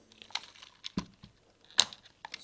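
During reassembly of a Sony α6000 mirrorless camera, repaired for a focus and zoom problem after being dropped and water damaged, the flash button is pushed in and the flash part is pressed into the top housing. Soft crinkly handling ticks and taps lead up to one sharp, loud click at 1.8 s as the flash seats in place, followed by a few lighter taps. The flash assembly is confirmed clicked into place.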